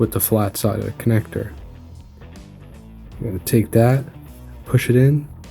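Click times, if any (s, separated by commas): none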